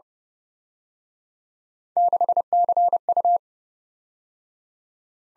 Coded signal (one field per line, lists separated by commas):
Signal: Morse code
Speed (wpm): 29 wpm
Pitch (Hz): 700 Hz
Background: none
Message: 6CU